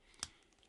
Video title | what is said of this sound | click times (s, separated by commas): Rode Wireless Micro - Small But Packed With Features - Unboxing and Demo | it surrounds the microphone you'll hear a click in a place and that's it | 0.2 s